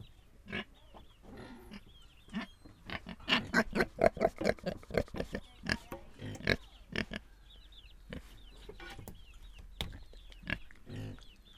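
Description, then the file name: Pigs grunting and squealing in a busy burst of short calls through the middle, with faint chirping birds in the background. Pigs recorded in Viñales. "pigs in Vinales"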